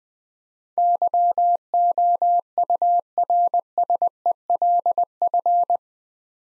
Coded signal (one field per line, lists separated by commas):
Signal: Morse code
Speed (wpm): 21 wpm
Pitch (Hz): 700 Hz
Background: none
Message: YOURSELF